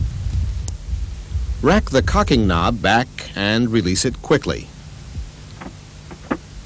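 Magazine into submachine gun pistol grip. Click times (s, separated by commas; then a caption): 0.7 s. A magazine is pushed firmly up into the pistol grip of an Uzi submachine gun, with a single sharp click at 0.7 s as the magazine catch engages. Someone then talks over a low background hum. The magazine is seated.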